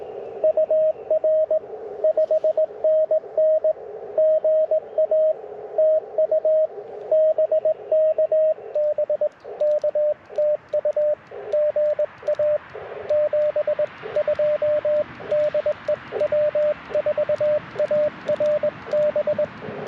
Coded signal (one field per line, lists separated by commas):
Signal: Morse code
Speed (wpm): 20 wpm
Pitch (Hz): 590 Hz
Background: radio noise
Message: UR 5NN GA TU BK BK TU GA 72 DE W4ARB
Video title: Morning Morse Code - 02/01/2025